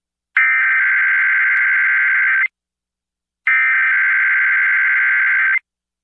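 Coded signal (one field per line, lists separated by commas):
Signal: Emergency Alert System (SAME) tones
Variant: header bursts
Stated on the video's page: Sunday morning weekly tests.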